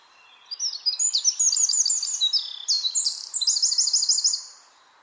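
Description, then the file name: Eurasian wren song starting after a brief pause: a forceful stream of piercing notes and rapid rattling trills, running about four seconds before fading out. "Troglodytes troglodytes"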